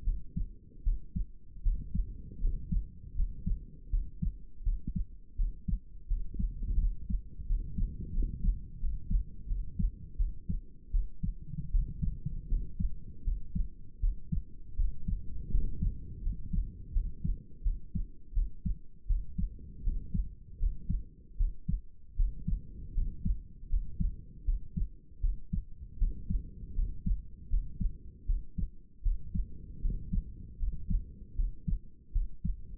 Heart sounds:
heart sounds by stethoscope; 80 bpm
0.04 s: heartbeat
0.83 s: heartbeat
1.62 s: heartbeat
2.40 s: heartbeat
3.15 s: heartbeat
3.90 s: heartbeat
4.63 s: heartbeat
5.36 s: heartbeat
6.07 s: heartbeat
6.78 s: heartbeat
7.46 s: heartbeat
8.13 s: heartbeat
8.79 s: heartbeat
9.47 s: heartbeat
10.17 s: heartbeat
10.91 s: heartbeat
11.71 s: heartbeat
12.48 s: heartbeat
13.24 s: heartbeat
14.00 s: heartbeat
14.76 s: heartbeat
15.51 s: heartbeat
16.22 s: heartbeat
16.92 s: heartbeat
17.63 s: heartbeat
18.33 s: heartbeat
19.07 s: heartbeat
19.83 s: heartbeat
20.58 s: heartbeat
21.36 s: heartbeat
22.15 s: heartbeat
22.94 s: heartbeat
23.69 s: heartbeat
24.44 s: heartbeat
25.20 s: heartbeat
25.98 s: heartbeat
26.75 s: heartbeat
27.49 s: heartbeat
28.25 s: heartbeat
29.02 s: heartbeat
29.81 s: heartbeat
30.58 s: heartbeat
31.35 s: heartbeat
32.12 s: heartbeat
From the record:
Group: healthy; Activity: rest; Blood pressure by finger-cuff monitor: 112/76 mmHg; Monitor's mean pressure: 83 mmHg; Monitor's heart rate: 80 bpm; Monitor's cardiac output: 6.4 L/min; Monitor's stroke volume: 80 mL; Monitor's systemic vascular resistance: 960 dyn s/cm5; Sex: male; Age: 35 years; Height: 180 cm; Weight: 86.9 kg

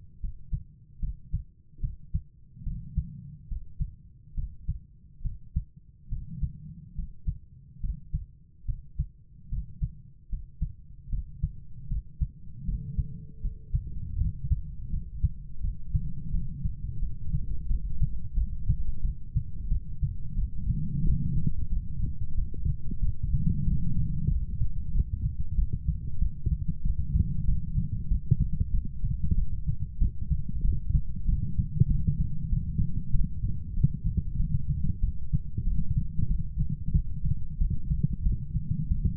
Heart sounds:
heart sounds by stethoscope; 85 bpm
0.20 s: heartbeat
0.99 s: heartbeat
1.79 s: heartbeat
2.63 s: heartbeat
3.47 s: heartbeat
4.34 s: heartbeat
5.21 s: heartbeat
6.08 s: heartbeat
6.94 s: heartbeat
7.80 s: heartbeat
8.65 s: heartbeat
9.48 s: heartbeat
10.28 s: heartbeat
11.09 s: heartbeat
11.87 s: heartbeat
12.64 s: heartbeat
13.40 s: heartbeat
14.16 s: heartbeat
14.89 s: heartbeat
15.60 s: heartbeat
16.30 s: heartbeat
16.98 s: heartbeat
17.67 s: heartbeat
18.33 s: heartbeat
19.01 s: heartbeat
19.68 s: heartbeat
20.34 s: heartbeat
21.02 s: heartbeat
21.69 s: heartbeat
22.34 s: heartbeat
22.99 s: heartbeat
23.64 s: heartbeat
24.28 s: heartbeat
24.91 s: heartbeat
25.55 s: heartbeat
26.18 s: heartbeat
26.82 s: heartbeat
27.45 s: heartbeat
28.08 s: heartbeat
28.71 s: heartbeat
29.34 s: heartbeat
29.98 s: heartbeat
30.61 s: heartbeat
31.25 s: heartbeat
31.87 s: heartbeat
32.49 s: heartbeat
33.11 s: heartbeat
33.74 s: heartbeat
34.36 s: heartbeat
35.00 s: heartbeat
35.63 s: heartbeat
36.27 s: heartbeat
36.92 s: heartbeat
37.58 s: heartbeat
38.23 s: heartbeat
38.88 s: heartbeat
From the record:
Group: healthy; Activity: rest 0-14 s, light exercise 14-39 s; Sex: female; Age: 32 years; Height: 172 cm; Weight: 71.7 kg

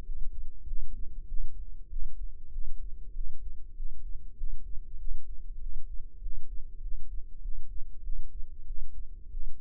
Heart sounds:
heart sounds by microphone in the left ear; 97 bpm
0.03 s: heartbeat
0.65 s: heartbeat
1.26 s: heartbeat
1.88 s: heartbeat
2.50 s: heartbeat
3.12 s: heartbeat
3.74 s: heartbeat
4.35 s: heartbeat
4.97 s: heartbeat
5.58 s: heartbeat
6.20 s: heartbeat
6.80 s: heartbeat
7.40 s: heartbeat
8.01 s: heartbeat
8.64 s: heartbeat
9.29 s: heartbeat
From the record:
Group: healthy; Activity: rest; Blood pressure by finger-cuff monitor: 103/67 mmHg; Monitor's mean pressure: 78 mmHg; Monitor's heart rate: 97 bpm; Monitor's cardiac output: 7.9 L/min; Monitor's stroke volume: 81 mL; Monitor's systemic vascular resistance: 690 dyn s/cm5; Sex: male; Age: 19 years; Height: 178 cm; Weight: 83 kg

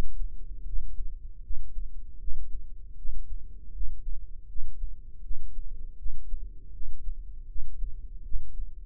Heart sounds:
heart sounds by microphone in the right ear; 79 bpm
0.65 s: heartbeat
1.42 s: heartbeat
2.19 s: heartbeat
2.96 s: heartbeat
3.72 s: heartbeat
4.47 s: heartbeat
5.22 s: heartbeat
5.97 s: heartbeat
6.72 s: heartbeat
7.47 s: heartbeat
8.23 s: heartbeat
From the record:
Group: healthy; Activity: rest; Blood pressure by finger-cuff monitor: 98/55 mmHg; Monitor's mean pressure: 69 mmHg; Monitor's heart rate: 78 bpm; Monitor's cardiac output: 6.4 L/min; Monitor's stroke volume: 82 mL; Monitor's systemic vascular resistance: 790 dyn s/cm5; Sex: female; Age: 43 years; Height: 160 cm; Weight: 90 kg

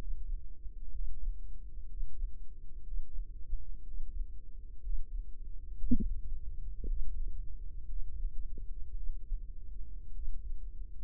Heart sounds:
heart sounds by microphone in the right ear; 59 bpm
0.90 s: heartbeat
1.86 s: heartbeat
2.83 s: heartbeat
3.83 s: heartbeat
4.81 s: heartbeat
5.79 s: heartbeat
6.84 s: heartbeat
7.85 s: heartbeat
8.93 s: heartbeat
10.12 s: heartbeat
From the record:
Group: healthy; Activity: breath hold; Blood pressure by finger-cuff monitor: 92/61 mmHg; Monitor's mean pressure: 69 mmHg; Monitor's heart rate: 61 bpm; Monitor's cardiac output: 4.6 L/min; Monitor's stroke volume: 75 mL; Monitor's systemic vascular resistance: 1060 dyn s/cm5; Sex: female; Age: 28 years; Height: 170 cm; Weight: 77 kg

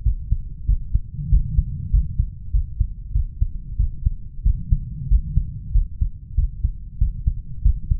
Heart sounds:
heart sounds by stethoscope; 95 bpm
0.06 s: heartbeat
0.69 s: heartbeat
1.32 s: heartbeat
1.94 s: heartbeat
2.54 s: heartbeat
3.15 s: heartbeat
3.80 s: heartbeat
4.46 s: heartbeat
5.11 s: heartbeat
5.75 s: heartbeat
6.38 s: heartbeat
7.01 s: heartbeat
7.65 s: heartbeat
From the record:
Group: healthy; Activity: rest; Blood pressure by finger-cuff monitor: 146/83 mmHg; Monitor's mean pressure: 108 mmHg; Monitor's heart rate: 96 bpm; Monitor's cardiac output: 8.5 L/min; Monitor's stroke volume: 87 mL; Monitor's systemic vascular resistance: 940 dyn s/cm5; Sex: male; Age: 21 years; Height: 175 cm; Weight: 72.6 kg

